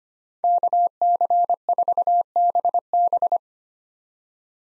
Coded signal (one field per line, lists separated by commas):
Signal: Morse code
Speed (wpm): 25 wpm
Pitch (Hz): 700 Hz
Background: none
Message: KC4BB